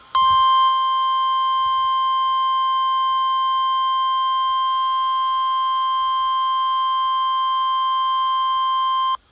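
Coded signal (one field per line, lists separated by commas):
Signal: Emergency Alert System (SAME) tones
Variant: 1050 Hz attention tone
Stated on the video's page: Required weekly test from NOAA Weather Radio transmitter on 162.475 MHz, received about 22 miles away on a RadioShack 12-254 weather radio.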